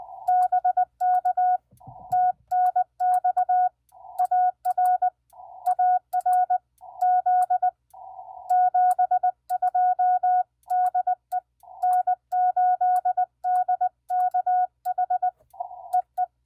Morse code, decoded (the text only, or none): BK TNX AR AR Z 72 DE N8DKH EE